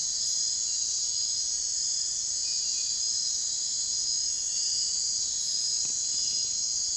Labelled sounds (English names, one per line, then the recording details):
none
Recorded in secondary vegetation near Puerto Asís, Putumayo, Colombia, on 28 February 2025 at 03:30
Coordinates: 0.484, -76.319
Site G010